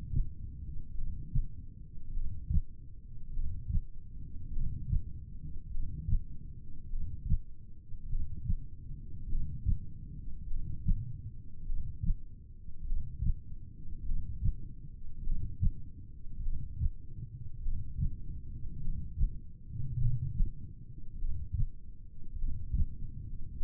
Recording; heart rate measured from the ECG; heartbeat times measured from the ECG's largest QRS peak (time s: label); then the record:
heart sounds by stethoscope; 50 bpm
0.97 s: heartbeat
2.16 s: heartbeat
3.35 s: heartbeat
4.55 s: heartbeat
5.73 s: heartbeat
6.92 s: heartbeat
8.11 s: heartbeat
9.31 s: heartbeat
10.50 s: heartbeat
11.68 s: heartbeat
12.88 s: heartbeat
14.07 s: heartbeat
15.26 s: heartbeat
16.45 s: heartbeat
17.64 s: heartbeat
18.83 s: heartbeat
20.01 s: heartbeat
21.21 s: heartbeat
22.40 s: heartbeat
23.59 s: heartbeat
From the record:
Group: heart failure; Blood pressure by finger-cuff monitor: 111/63 mmHg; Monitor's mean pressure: 79 mmHg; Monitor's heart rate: 51 bpm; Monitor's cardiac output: 4.4 L/min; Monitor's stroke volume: 89 mL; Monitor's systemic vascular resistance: 1290 dyn s/cm5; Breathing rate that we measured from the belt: 13 breaths a minute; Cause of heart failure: cardiac sarcoid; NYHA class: 1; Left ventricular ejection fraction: 39%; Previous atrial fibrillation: present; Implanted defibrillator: present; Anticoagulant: apixaban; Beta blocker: carvedilol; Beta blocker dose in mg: 50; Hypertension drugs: ramipril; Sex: male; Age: 79 years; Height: 184 cm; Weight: 92.5 kg